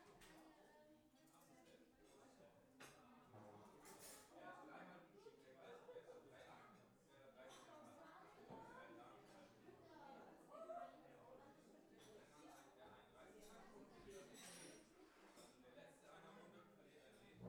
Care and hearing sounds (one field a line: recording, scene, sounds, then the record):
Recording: everyday scene through a hearing-aid microphone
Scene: many people talking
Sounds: many voices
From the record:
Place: parish hall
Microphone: behind the ear, left, front